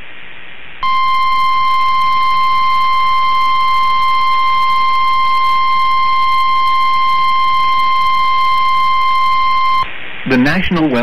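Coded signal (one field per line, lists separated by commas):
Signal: Emergency Alert System (SAME) tones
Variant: 1050 Hz attention tone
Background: speech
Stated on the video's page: Severe Thunderstorm Warning for central North Carolina counties, captured online.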